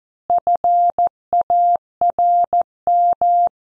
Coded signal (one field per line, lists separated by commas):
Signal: Morse code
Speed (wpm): 14 wpm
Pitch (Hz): 700 Hz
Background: none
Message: FARM